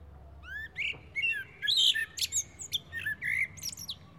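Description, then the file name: Common blackbird singing: a rising fluted note leads into rapid varied warbles and shrill high squeaks, with a low hum underneath. "Turdus merula"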